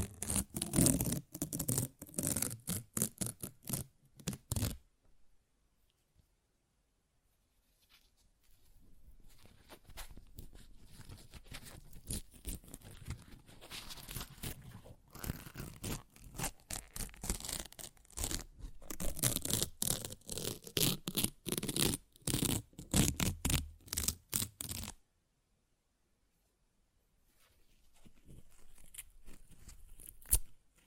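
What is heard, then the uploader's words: Paper is ripped and torn in several bursts, each a rapid run of sharp, crackly strokes reaching into the highs. Loud tearing fills roughly the first five seconds and again from about 17 to 25 seconds, with softer scratchy rustling between and near the end, separated by brief silences. ASMR Paper Ripping Tearing Sounds (No Talking).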